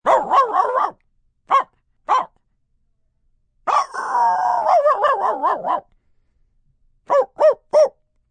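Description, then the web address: Dog barking: a burst of barks, two single barks, a longer run of yelping barks, then three quick barks at the end. "Voice Box. Dog Bark"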